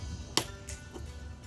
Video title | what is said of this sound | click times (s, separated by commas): 2019 Subaru WRX C-Light Install | You hear that little click? That's just the tab releasing. | 0.4 s